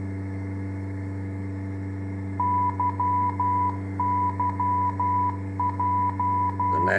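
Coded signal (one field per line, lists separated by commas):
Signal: Morse code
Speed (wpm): 12 wpm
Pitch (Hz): 990 Hz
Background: speech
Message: YYJ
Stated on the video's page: Working radio stack for MS Flight Simulator.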